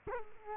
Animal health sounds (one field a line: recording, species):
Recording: mosquito wingbeat signal from an infrared sensor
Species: Culex quinquefasciatus